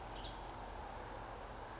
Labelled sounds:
Western Tanager
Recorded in Sonoma County, California

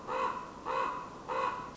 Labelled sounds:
Common Raven
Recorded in Sonoma County, California

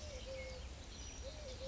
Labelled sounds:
Eurasian Collared Dove
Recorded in Sonoma County, California

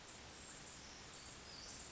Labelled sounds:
Western Flycatcher
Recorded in Sonoma County, California

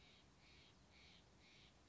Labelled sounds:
Steller's Jay
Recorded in Sonoma County, California

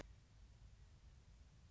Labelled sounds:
Western Meadowlark
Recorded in Sonoma County, California

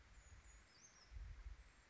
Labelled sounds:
Brown Creeper
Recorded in Sonoma County, California

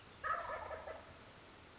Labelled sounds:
Wild Turkey
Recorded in Sonoma County, California

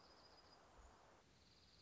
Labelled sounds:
Dark-eyed Junco
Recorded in Sonoma County, California

